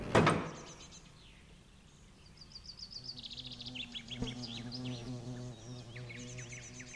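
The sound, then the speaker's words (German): A brief rustling knock opens, then a swarm of wasps at a nest under a fig tree in a garden builds into a steady, wavering low drone, with thin high bird chirps scattered over the buzzing. “Für einen kurzen Moment hat der Wind genug Kraft entwickelt, um die schweren Feigenblätter zu lüften und den Blick auf das Wespennest freizugeben.”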